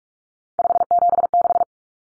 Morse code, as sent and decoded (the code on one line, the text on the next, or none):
..... --... -....
576